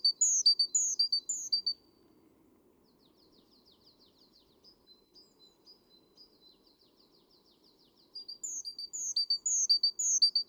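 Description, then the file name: Great tit calls, rapid high slurred notes and chips at the start, then a quieter stretch of soft ticking notes, before the loud repeated phrases return near the end. "Parus major"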